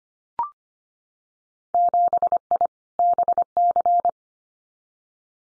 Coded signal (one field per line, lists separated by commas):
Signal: Morse code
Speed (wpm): 25 wpm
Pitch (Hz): 700 Hz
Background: none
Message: 7I BC